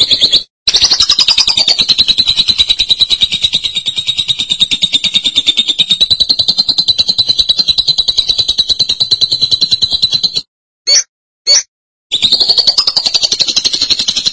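Lovebird chattering: long, continuous, very fast shrill notes running for about ten seconds, two short chips, then more chatter.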